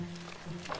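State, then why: Seated. The plastic lid of a vacuum sealer is pressed down over a bag onto its base, with music playing in the background. A sharp click at 0.7 s marks the lid snapping shut, and it is confirmed seated.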